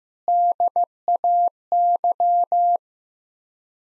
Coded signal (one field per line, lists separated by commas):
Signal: Morse code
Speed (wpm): 15 wpm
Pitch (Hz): 700 Hz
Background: none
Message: DAY